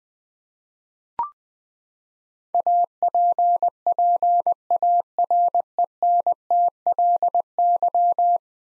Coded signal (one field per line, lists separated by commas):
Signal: Morse code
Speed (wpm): 20 wpm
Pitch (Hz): 700 Hz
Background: none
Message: APPARENTLY